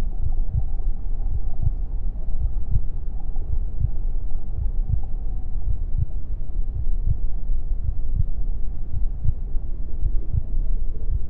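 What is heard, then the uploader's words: A heartbeat thumps steadily, heard from inside the womb, with soft low beats arriving in regular pairs roughly every half second. The beats stay muffled and deep under a constant dull whooshing rumble that fills the background throughout. Heartbeat Sound | A Mother's Womb. The gentle thumping of my mother's heartbeat serves as the main focus, a steady rhythm that reverberates through the fluid-filled space. The world beyond the protective barrier of the womb is muffled and distant, its sounds are softened by the layers of tissue and the amniotic fluid that envelop me.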